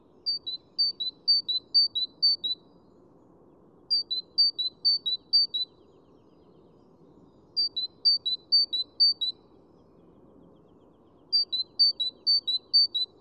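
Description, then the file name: Great tit song in four regular strophes, each of several ringing two-note phrases, high then lower, separated by short pauses. "Parus major"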